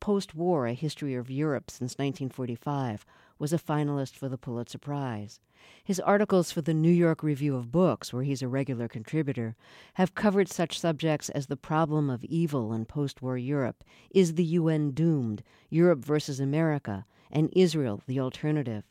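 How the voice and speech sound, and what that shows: Clear, fluent adult male narration at an even pace with steady, ordinary voice quality: normal speech.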